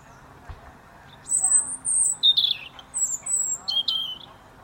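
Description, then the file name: European robin song: a high thin whistle followed by tumbling warbled notes and sharp trilled phrases, delivered in one continuous burst. "Erithacus rubecula"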